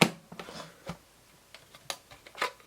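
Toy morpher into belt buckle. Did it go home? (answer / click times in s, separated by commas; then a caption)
no / none. A plastic toy morpher is pushed the opposite way into a belt buckle, giving a series of light plastic taps and rattles, with the sharpest contacts near 0.0, 1.9 and 2.7 seconds. Nothing has clicked or seated yet; reversed this way, the morpher does not clip in and only sits loosely in the buckle.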